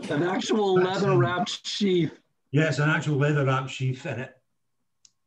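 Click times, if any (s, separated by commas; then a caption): 5.1 s. A carved piece is pushed into a fitted leather-wrapped sheath while someone talks. After the talking stops, a single short, sharp click sounds at 5.1 s as the piece seats in the sheath.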